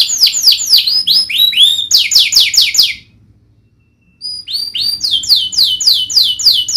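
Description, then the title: Domestic canary song, fast falling trill notes, then slower loud swoops, a silent gap of over a second, then renewed rolling trills. Singing in the gacor style with cengkok (melodic twists) and isian (song fillers). "Kenari Gacor Cengkok Isian"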